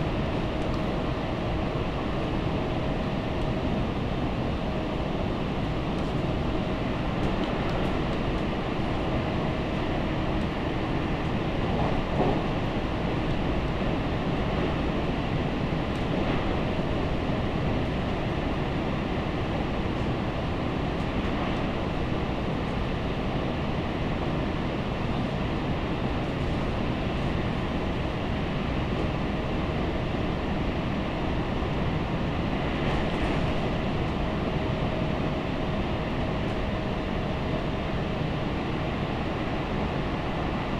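A Tokaido Line special rapid train runs from Toyohashi toward Anjo, its interior filled with a steady, dense low rumble that barely changes over the whole stretch. A faint tone hums through it, and soft brighter clicks and rattles surface every few seconds.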